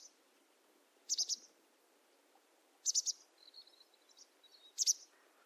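Bird calling with high, clipped triple chirps roughly every two seconds, plus a few faint, thinner notes between the bursts in otherwise quiet surroundings.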